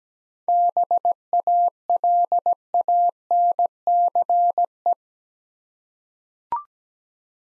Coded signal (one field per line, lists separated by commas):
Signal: Morse code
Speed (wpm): 17 wpm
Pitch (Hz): 700 Hz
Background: none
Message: BALANCE